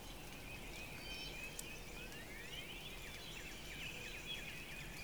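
Northern Cardinal song, fairly faint: a long rising whistle leading into a string of short slurred notes, amid background twittering of other birds.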